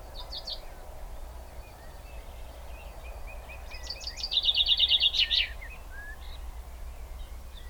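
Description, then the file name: Common chaffinch song, a brief rattling trill ending in a flourish, heard over steady background noise with scattered soft chirps. "Fringilla coelebs"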